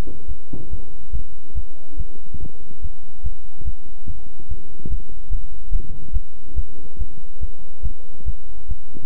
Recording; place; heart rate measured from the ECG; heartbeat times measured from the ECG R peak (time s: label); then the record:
heart sounds by stethoscope; between the tricuspid and mitral areas; 143 bpm
0.28 s: heartbeat
0.71 s: heartbeat
1.13 s: heartbeat
1.55 s: heartbeat
1.97 s: heartbeat
2.40 s: heartbeat
2.82 s: heartbeat
3.23 s: heartbeat
3.65 s: heartbeat
4.07 s: heartbeat
4.49 s: heartbeat
4.90 s: heartbeat
5.31 s: heartbeat
5.71 s: heartbeat
6.13 s: heartbeat
6.56 s: heartbeat
6.99 s: heartbeat
7.41 s: heartbeat
7.83 s: heartbeat
8.26 s: heartbeat
8.69 s: heartbeat
From the record:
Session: bicycle stress test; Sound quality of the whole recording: good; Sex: male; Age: 23 years